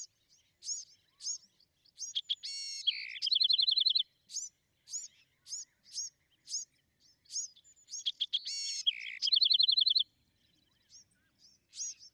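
Bewick's wren song, regular high chips leading into a buzzy note and a rapid trill, the sequence repeated twice.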